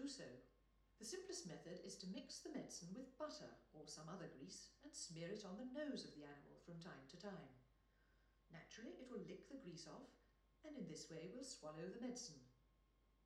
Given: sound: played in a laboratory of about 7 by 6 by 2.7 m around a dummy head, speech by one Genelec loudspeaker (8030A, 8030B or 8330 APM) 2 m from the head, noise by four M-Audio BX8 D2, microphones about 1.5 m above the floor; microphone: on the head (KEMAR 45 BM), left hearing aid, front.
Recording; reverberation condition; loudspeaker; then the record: female speech in English; medium; 150 degrees to the left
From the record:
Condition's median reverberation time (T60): about 510 ms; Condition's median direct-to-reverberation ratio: about -0.5 dB